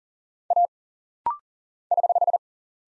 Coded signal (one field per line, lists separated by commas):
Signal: Morse code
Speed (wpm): 40 wpm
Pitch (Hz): 700 Hz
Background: none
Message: A <HH>